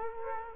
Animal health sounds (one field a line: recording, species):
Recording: mosquito wingbeat signal from an infrared sensor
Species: Culex quinquefasciatus